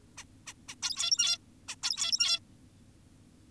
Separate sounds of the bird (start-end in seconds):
0.18-0.24, 0.47-0.54, 0.69-0.75, 0.83-1.38, 1.68-1.76, 1.83-2.40